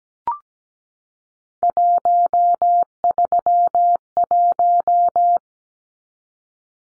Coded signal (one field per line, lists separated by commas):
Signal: Morse code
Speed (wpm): 17 wpm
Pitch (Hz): 700 Hz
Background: none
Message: 131